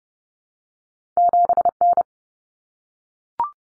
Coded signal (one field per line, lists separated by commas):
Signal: Morse code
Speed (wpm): 30 wpm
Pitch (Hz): 700 Hz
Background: none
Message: 7N